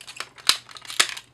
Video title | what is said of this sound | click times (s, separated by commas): Transformers Reviews-FansToys-FT-04-Scoria (Slag) | there we go locked into place | 0.5 s, 1.0 s